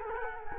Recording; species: mosquito wingbeat signal from an infrared sensor; Culex quinquefasciatus